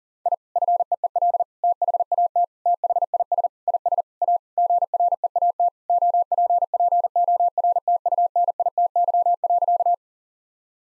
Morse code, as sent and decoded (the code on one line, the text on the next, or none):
.. / ..-. . . .-.. / - .... .- - / - .... .. ... / .. ... / .- / --. .-. . .- - / --- .--. .--. --- .-. - ..- -. .. - -.-- .-.-.-
I FEEL THAT THIS IS A GREAT OPPORTUNITY.